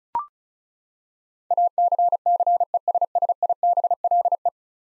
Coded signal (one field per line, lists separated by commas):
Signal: Morse code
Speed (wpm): 36 wpm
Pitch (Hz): 700 Hz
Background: none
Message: ACCESSIBLE